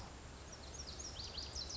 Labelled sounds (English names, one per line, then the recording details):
Lazuli Bunting
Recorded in Sonoma County, California